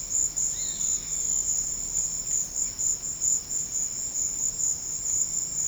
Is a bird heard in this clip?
yes